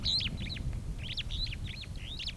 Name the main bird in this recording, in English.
Superb Starling